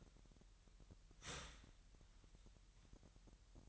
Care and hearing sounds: daily activity, microphone in the room; start toaster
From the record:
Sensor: 3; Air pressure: 1001.9 hPa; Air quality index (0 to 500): 246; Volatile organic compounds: 50 ppm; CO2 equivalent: 3295 ppm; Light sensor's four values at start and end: 13/40/17/15 and 13/40/17/15

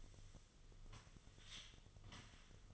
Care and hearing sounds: daily activity, microphone in the room; sweep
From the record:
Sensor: 4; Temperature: 26.3 degrees Celsius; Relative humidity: 32.1%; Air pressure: 1005.6 hPa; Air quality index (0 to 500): 110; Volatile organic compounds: 3 ppm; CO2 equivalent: 1367 ppm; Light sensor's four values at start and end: 13/29/11/11 and 13/29/11/11

